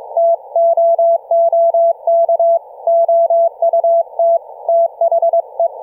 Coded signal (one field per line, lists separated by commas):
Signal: Morse code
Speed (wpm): 22 wpm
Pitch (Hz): 670 Hz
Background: none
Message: TOOK OUT THE